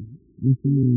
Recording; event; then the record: neck accelerometer signal played as sound; no cough (speech, laughter, throat clearing or background)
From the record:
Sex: male